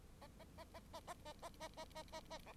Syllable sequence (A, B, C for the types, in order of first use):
A A A A A A A A A A A A A B